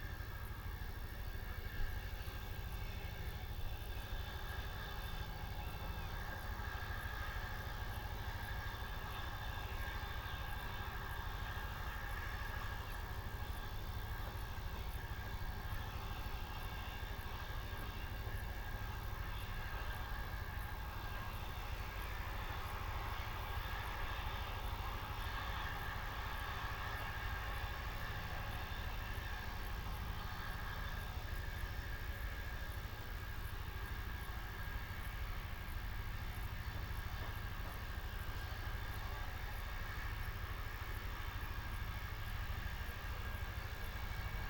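Country ambience dominated by a steady engine drone, like a passing aircraft or idling vehicle, with a heavy low hum and a few faint, thin higher tones. The level barely changes across the whole stretch, with a slightly brighter swell around the middle.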